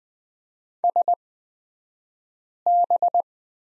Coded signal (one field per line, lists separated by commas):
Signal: Morse code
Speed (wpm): 20 wpm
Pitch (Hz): 700 Hz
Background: none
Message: SB